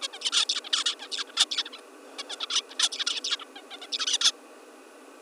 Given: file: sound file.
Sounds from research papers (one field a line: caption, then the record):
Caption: Example of a Song from the Bird prior to TTX Inactivation of LMAN (Bout 2)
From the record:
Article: Vocal Experimentation in the Juvenile Songbird Requires a Basal Ganglia Circuit